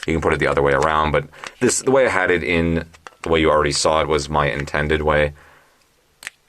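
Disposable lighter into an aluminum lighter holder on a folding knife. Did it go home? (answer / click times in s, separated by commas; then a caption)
yes / 6.2 s, 6.3 s. Someone talks for about five seconds, then a disposable lighter is pressed into the aluminum lighter holder on an MTech MT-A1127 folding knife. It snaps past the retaining lip with two sharp clicks at 6.2 and 6.3 seconds, seating firmly so it won't slide out.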